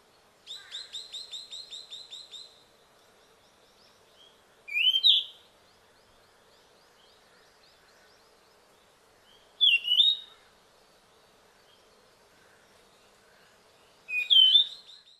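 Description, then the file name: Ryukyu flycatcher calls: a quick run of chirping notes, then three sharp, slurred whistled phrases repeated roughly every five seconds. Recorded in Okinawa on 12 March 2006. "ryuukyuukibitaki 060312 okinawa kaji"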